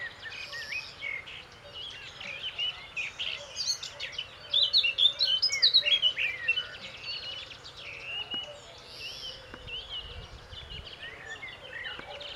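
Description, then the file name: Eurasian blackcap warbling song, a fast jumble of high chirps and whistles swelling into a loud burst midway. "Sylvia atricapilla"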